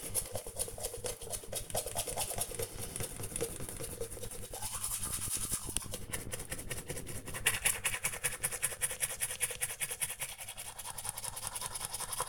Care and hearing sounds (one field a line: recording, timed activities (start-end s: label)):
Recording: household activities, microphone on the right wrist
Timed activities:
0.00-12.29 s: brushing teeth